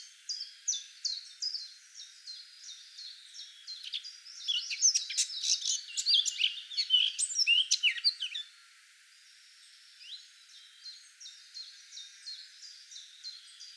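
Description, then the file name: Eurasian blackcap singing: evenly spaced short notes lead into a loud, rich warbling burst, then the steady repeated notes return after a brief pause. "Sylvia atricapilla"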